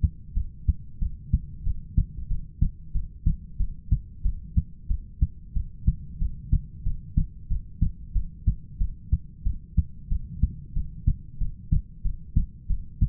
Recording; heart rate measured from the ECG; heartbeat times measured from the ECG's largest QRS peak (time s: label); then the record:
heart sounds by stethoscope; 92 bpm
0.35 s: heartbeat
1.00 s: heartbeat
1.65 s: heartbeat
2.29 s: heartbeat
2.93 s: heartbeat
3.58 s: heartbeat
4.24 s: heartbeat
4.89 s: heartbeat
5.55 s: heartbeat
6.20 s: heartbeat
6.84 s: heartbeat
7.49 s: heartbeat
8.14 s: heartbeat
8.79 s: heartbeat
9.44 s: heartbeat
10.10 s: heartbeat
10.75 s: heartbeat
11.39 s: heartbeat
12.03 s: heartbeat
12.68 s: heartbeat
From the record:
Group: heart failure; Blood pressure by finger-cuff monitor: 106/68 mmHg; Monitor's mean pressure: 81 mmHg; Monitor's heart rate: 92 bpm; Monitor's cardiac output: 7.8 L/min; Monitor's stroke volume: 85 mL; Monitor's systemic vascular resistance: 760 dyn s/cm5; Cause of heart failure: ischemic heart disease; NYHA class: 1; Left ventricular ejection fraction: 38%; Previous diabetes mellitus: present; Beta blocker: bisoprolol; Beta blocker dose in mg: 15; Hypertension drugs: sacubitril-valsartan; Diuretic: furosemide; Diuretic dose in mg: 20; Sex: male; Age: 33 years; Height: 172 cm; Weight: 78.5 kg